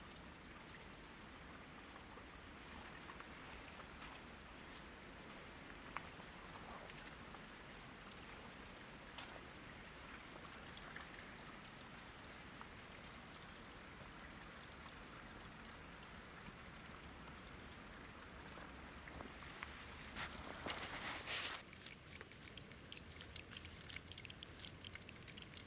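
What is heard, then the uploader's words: A forest park in winter under steady rain: a dense, even hiss with scattered sharp drips ticking through it. Around twenty seconds a louder rushing burst rises, and afterward a low rumble and a thin held tone sit beneath the rain. Forest Park in Winter.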